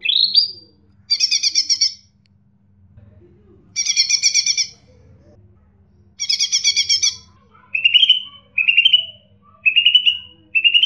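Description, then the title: Leafbird song: a rising whistle, then three dense buzzy chattering bursts, then a series of four repeated slurred rising notes. "CUCAK IJO"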